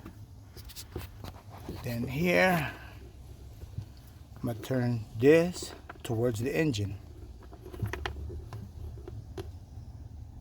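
Someone talks while turning the second plastic glove box stopper/latch toward the engine to fit it into the dashboard glove box frame of a 2020 Toyota Hilux Conquest during a cabin air filter replacement. Light plastic handling ticks follow near the end, but nothing has seated or clicked yet.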